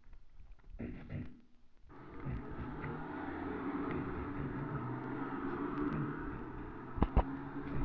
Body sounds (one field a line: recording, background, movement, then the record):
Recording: throat clearing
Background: traffic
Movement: sitting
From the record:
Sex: male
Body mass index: 23.7 kg/m2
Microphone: on the chest, facing the body